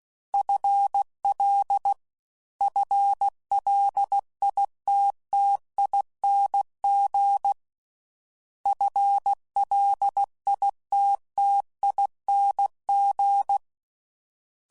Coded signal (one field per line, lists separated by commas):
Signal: Morse code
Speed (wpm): 16 wpm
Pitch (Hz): 800 Hz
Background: none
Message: FL FLITTING FLITTING